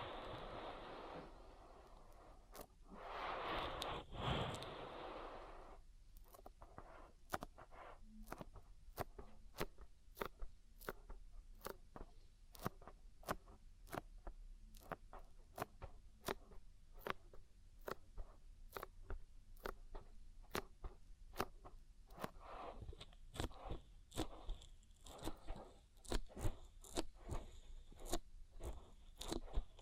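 Oily ear massage makes a brief rubbing swish near four seconds, then a long run of sharp, fast slick clicks and squelches until the end.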